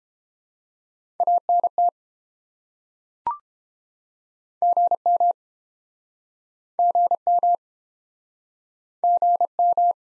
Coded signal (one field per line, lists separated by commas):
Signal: Morse code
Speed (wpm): 30 wpm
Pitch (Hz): 700 Hz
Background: none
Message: ANT GM GM GM